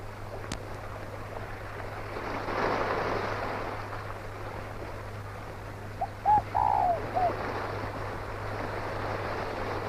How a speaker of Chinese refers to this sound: 玉鸟又叫了，这叫声喊出了阿黑的悲哀